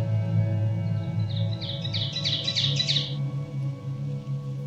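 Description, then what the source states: Ovenbird song: a series of repeated two-part phrases over about two seconds, then stopping, with a constant low hum underneath. Drab thrush-like warbler of deep hardwood forests in eastern North America; song remembered as "teacher, teacher, teacher"; audio modified for listeners with high-frequency hearing loss.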